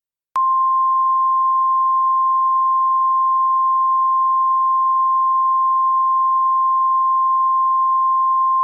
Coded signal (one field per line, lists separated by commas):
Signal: Emergency Alert System (SAME) tones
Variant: 1050 Hz attention tone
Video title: EAS Scenario: The Sniper